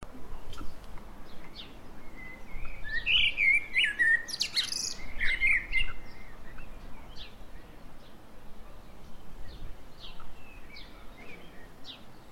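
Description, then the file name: Common blackbird giving a short burst of warbled phrases with squeaky high flourishes around the middle, then quieter scattered chirps over steady background noise. "Turdus merula"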